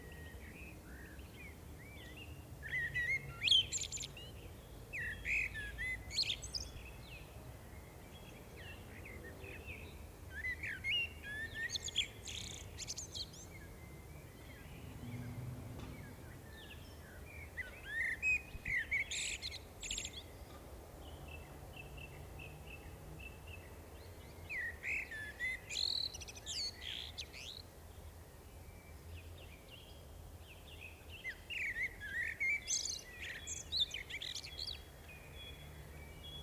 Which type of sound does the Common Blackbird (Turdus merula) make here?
song